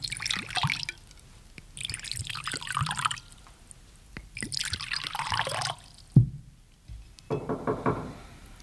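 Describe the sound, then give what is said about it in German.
Drinks are poured into glasses for a toast in four separate splashing bursts, with a single sharp clink of glass in the quiet gap near the end. No one speaks. “Wollen Sie mit mir zu einem traurigen Schluck anstoßen, meine Herren?”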